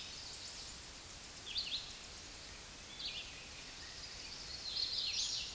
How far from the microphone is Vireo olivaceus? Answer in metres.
about 35 m